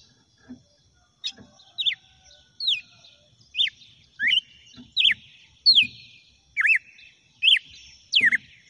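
Red-cowled cardinal singing a series of bright, swooping whistles, each note bending down or up.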